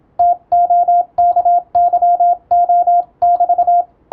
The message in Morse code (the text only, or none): TOKYO<BT>